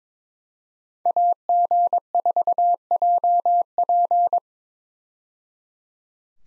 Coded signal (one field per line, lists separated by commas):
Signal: Morse code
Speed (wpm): 21 wpm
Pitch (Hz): 700 Hz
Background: none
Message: AG4JP